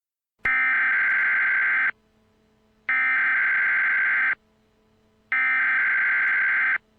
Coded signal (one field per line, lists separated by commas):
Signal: Emergency Alert System (SAME) tones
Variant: header bursts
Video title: EAS Scenario: Lurkers Unleashed